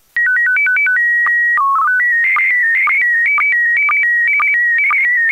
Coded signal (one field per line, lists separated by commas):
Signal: SSTV (slow-scan television)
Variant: PD 120